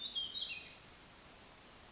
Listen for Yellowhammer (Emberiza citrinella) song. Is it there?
no